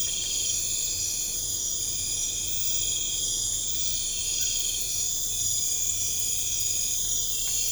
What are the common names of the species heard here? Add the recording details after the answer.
none. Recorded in pastures near Puerto Asís, Putumayo, Colombia, on 21 December 2024 at 23:30. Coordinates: 0.496, -76.326. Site G004